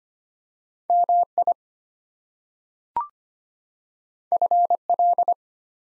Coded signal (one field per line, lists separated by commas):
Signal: Morse code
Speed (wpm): 25 wpm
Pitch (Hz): 700 Hz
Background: none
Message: MI FL